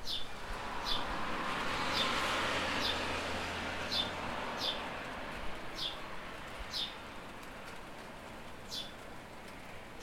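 House sparrow chirps, a series of high notes at uneven intervals, partly over a broad rushing noise that fades after the first few seconds.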